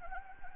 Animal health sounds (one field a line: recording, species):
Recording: mosquito wingbeat signal from an infrared sensor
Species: Anopheles gambiae